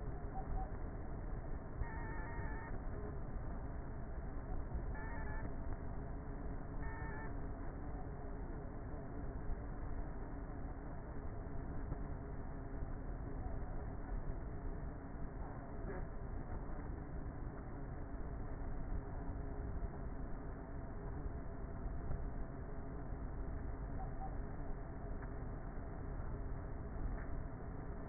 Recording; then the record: honeybee colony, microphone inside the hive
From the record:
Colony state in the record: queenless with a low population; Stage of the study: before two queens were removed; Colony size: about 30,000 bees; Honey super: no